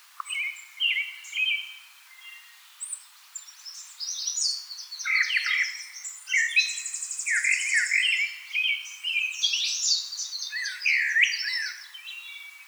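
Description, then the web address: Northern mockingbird song, a long series of varied phrases: whistled notes, rapid chattering trills and downslurred chirps, each motif changing quickly to the next. Recorded 4 February 2007. "Northern Mockingbird 2007 02 04"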